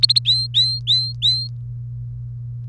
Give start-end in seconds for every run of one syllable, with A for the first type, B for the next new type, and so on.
0.03-0.19 A, 0.25-1.48 B